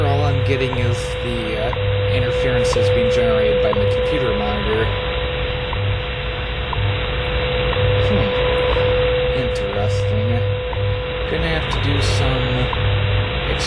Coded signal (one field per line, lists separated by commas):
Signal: radio time signal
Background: speech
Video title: HDSDR vs. SDR Sharp